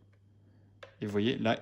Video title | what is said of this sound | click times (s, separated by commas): Iron man - Casque Mark 46 collector (Présentation en français) | il est clipsé, par contre, il y a un trou parce qu'il est pas bien fixé. Alors que pourtant, on a entendu un clac et | 0.8 s